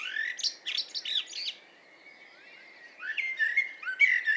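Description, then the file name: Common blackbird, a fluty phrase followed by scratchy high chatter, a pause, then another warbled phrase with a faint thin whistle in between. "Turdus merula"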